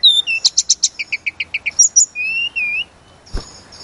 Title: Pancingan Tledekan Gunung Agar Emosi Bongkar Isian